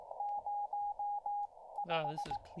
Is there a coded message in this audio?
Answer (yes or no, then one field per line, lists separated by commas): yes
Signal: Morse code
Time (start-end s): 0.2-2.4 s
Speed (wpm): 18 wpm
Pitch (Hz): 820 Hz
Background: speech, radio noise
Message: 05